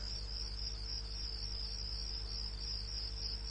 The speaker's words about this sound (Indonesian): Hingga malam pun tiba, jam menunjukkan jam 8:30 malam. Suasana kali ini sudah sangat sepi. Hanya terdengar suara jangkrik dan suara angin.